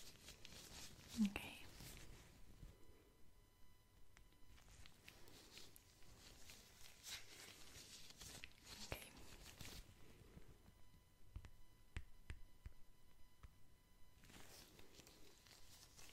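Soft handling sounds of lotion, gloves and cotton: rustling, rubbing and light tapping with small squelchy moments. Busier bursts come near the start, around 4–6 seconds and near the end, with sharp clicks at about 9, 11 and 12 seconds over a quiet, faint steady hum.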